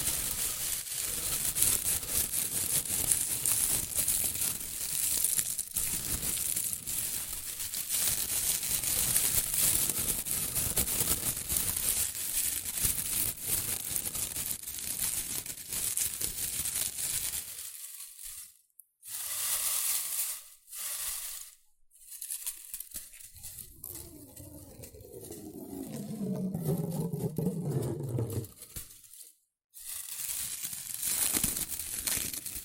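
Dense, continuous rustling and crinkling of shredded tissue and packing peanuts, thinning into bursts after eighteen seconds with brief silent gaps, then resuming.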